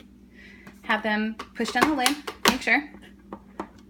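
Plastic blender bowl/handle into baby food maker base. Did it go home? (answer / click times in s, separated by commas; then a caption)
yes / 3.3 s, 3.6 s. Someone talks as a plastic blender bowl and handle are pushed down and locked onto a BabycookPro baby food maker base, so the safety interlock engages that stops the machine from running when the bowl sits crooked. Two sharp plastic clicks at 3.3 s and 3.6 s show the bowl seated and locked in place.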